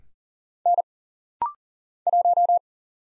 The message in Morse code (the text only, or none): N 1